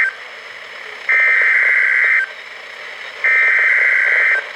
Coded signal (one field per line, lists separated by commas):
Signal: Emergency Alert System (SAME) tones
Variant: header bursts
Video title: Special Marine Warning | EAS #371